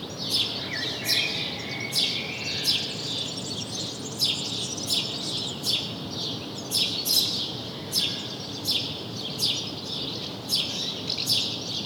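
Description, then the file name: House sparrow calls: a run of sharp repeated chirps at a fairly even pace, against continuous background noise. "Passer domesticus"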